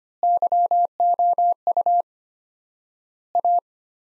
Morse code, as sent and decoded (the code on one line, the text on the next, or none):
-.-- --- ..- / .-
YOU A